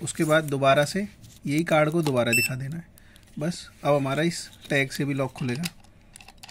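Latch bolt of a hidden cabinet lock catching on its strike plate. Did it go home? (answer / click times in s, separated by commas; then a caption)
no / none. Someone talks while handling an RFID hidden drawer cabinet lock for a wooden cabinet or cupboard, setting a card and tag. A few faint short clicks and taps are heard near the end, around 6.2 to 6.4 seconds. The door or drawer has not yet closed, and the lock's latch bolt has not yet caught on its strike plate.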